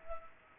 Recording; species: mosquito wingbeat signal from an infrared sensor; Culex pipiens